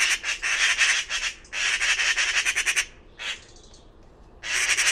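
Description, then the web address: A bird calls in loud, scratchy, rattling chatter: two long pulsed bursts and a short one, then a pause and a fresh outburst. "cianscape birddata Deverinetal 2025"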